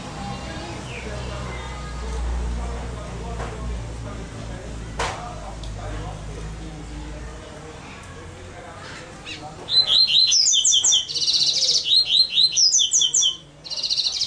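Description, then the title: Double-collared seedeater song: fast bursts of high, slurred twittering notes in the last few seconds, after a long stretch of low rumbling background noise. "Canto Coleiro"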